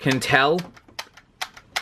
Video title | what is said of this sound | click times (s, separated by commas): Review Uchuu Sentai Kyuranger DX Tenbin Voyager | you hear a sound that's just plastic hitting plastic there's no solid | none